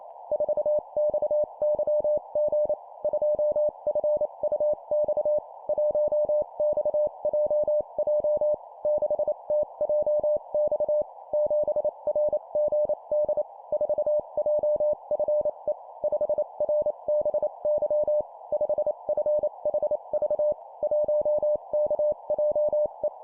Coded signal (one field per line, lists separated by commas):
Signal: Morse code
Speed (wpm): 28 wpm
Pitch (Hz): 600 Hz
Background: none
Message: 4XYG 2FUX 1XJJ 6TJX 7RGD 4JFE 5RBY 5FHV 1KJE